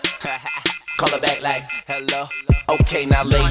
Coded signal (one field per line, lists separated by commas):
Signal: telephone call progress tone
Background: music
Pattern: off-hook warning tone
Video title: DIAL TONE